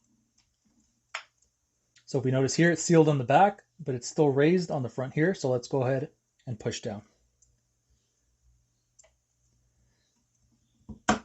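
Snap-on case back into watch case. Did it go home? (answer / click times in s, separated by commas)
yes / 11.1 s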